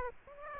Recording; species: mosquito wingbeat signal from an infrared sensor; Aedes aegypti